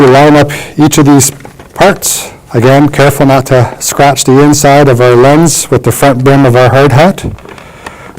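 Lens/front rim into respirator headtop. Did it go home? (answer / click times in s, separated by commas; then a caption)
yes / 7.9 s. A man talks while the front lens and rim of a respirator headtop are lined up and pressed into place. After the talking ends, a few short sharp sounds follow, with the lens clicking and locking into the headtop at 7.9 seconds.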